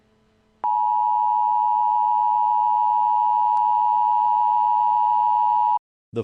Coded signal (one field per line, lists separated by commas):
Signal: Emergency Alert System (SAME) tones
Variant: 853 and 960 Hz attention tone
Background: speech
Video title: EAS Scenario- Lavender Town Syndrome